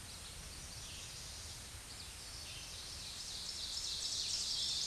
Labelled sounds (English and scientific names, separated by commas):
Ovenbird (Seiurus aurocapilla) song